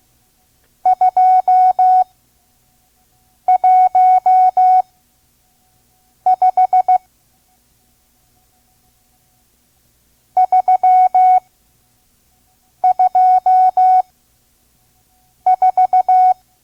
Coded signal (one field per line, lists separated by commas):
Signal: Morse code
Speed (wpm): 16 wpm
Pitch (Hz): 740 Hz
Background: none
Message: 215 324